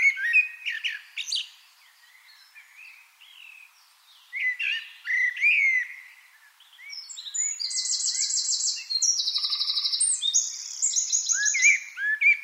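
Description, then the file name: Eurasian wren song: bursts of shrill, piercing notes and twitters, then a long, rapid, rattling trill that steps between high pitches. "Troglodytes troglodytes"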